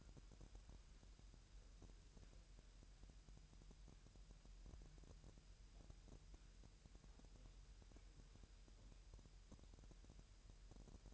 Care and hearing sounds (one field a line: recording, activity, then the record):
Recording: daily activity, microphone in the room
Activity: wipe stove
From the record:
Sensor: 2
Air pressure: 1000.7 hPa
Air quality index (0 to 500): 248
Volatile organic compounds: 97 ppm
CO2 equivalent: 3734 ppm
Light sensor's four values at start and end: 9/22/9/9 and 9/22/9/9